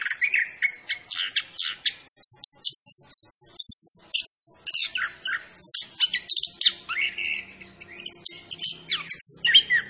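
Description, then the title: Orange-headed thrush song with fast, varied phrases of thin high whistles, down-slurred notes and chattering chips, briefly pausing before resuming. Called Anis Kembang, singing vigorously (gacor); labelled Macan B2. "Anis Kembang Gacor. Suara Anis Kembang Macan B2"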